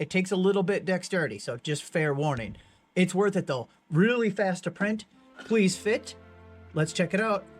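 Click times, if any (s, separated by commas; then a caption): none. Someone talks over background music while handling a 3D printed plastic lid meant to be pressed onto a gift box body. The lid has not snapped on yet; nothing has seated or clicked in this clip.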